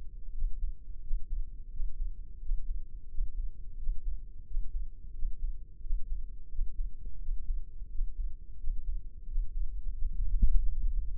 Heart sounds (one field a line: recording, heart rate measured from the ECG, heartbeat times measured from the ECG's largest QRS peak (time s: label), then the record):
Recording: heart sounds by microphone in the left ear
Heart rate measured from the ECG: 88 bpm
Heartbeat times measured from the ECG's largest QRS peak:
0.34 s: heartbeat
1.03 s: heartbeat
1.72 s: heartbeat
2.42 s: heartbeat
3.11 s: heartbeat
3.79 s: heartbeat
4.47 s: heartbeat
5.15 s: heartbeat
5.83 s: heartbeat
6.51 s: heartbeat
7.21 s: heartbeat
7.91 s: heartbeat
8.60 s: heartbeat
9.28 s: heartbeat
9.95 s: heartbeat
10.59 s: heartbeat
From the record:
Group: healthy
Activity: breath hold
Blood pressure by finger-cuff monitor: 127/75 mmHg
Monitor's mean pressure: 88 mmHg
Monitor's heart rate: 87 bpm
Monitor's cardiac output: 6.9 L/min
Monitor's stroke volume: 79 mL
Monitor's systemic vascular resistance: 940 dyn s/cm5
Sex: male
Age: 21 years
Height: 175 cm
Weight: 72.6 kg